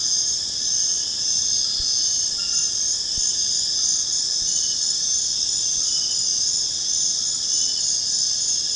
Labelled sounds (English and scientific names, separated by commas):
none